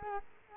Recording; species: mosquito wingbeat signal from an infrared sensor; Culex quinquefasciatus